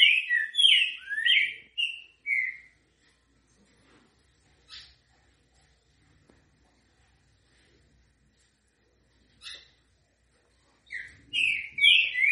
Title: Canto De Trinca Ferro. TRINCA=FERRO CANTO GREGO MOLE COM BOI